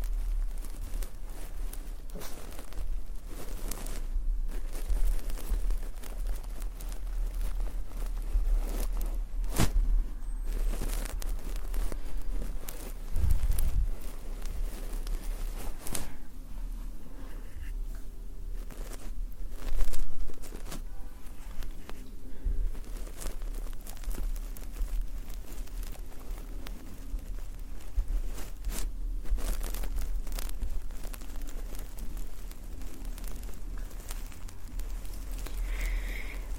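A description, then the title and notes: Close-up hand movements rustle and brush continuously for the whole stretch, layered over a steady low rumble. Sharp clicks and taps break through irregularly, with a louder knock near thirteen seconds and another near twenty. A faint tonal hum appears briefly around seventeen seconds. ASMR Intense Layered Sounds + Closeup Hands movements.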